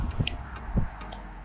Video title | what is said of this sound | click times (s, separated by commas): How to Install Quadlock Wireless Charging Mount | and that locks into place. | 0.3 s